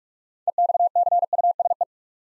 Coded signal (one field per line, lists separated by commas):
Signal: Morse code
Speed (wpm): 44 wpm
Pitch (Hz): 700 Hz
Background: none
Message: EXCUSE